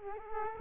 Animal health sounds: mosquito wingbeat signal from an infrared sensor; Culex quinquefasciatus

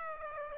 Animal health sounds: mosquito wingbeat signal from an infrared sensor; Aedes aegypti

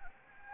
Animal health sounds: mosquito wingbeat signal from an infrared sensor; Anopheles gambiae

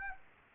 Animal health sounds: mosquito wingbeat signal from an infrared sensor; Aedes aegypti

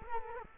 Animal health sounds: mosquito wingbeat signal from an infrared sensor; Culex quinquefasciatus

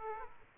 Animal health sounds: mosquito wingbeat signal from an infrared sensor; Aedes aegypti

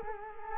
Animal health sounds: mosquito wingbeat signal from an infrared sensor; Culex quinquefasciatus

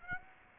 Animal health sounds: mosquito wingbeat signal from an infrared sensor; Aedes aegypti

